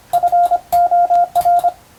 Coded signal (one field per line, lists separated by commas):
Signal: Morse code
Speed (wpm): 25 wpm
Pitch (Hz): 700 Hz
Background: none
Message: FOR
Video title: 無線従事者国家試験総合無線通信士電気通信術のトレーニングにＣＷを打ってみました。アマチュア無線ハムの受信練習にもどうぞ(morse code practice for radio operator )